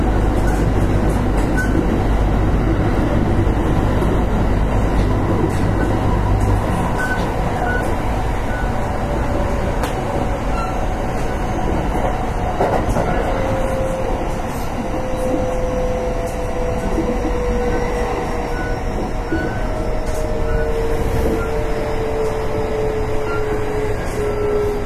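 Running sound inside an electric train on an express service: a dense, steady rumble of wheels on track. A deep low hum drops away after about six seconds, and from around twelve seconds a motor whine glides slowly downward in pitch.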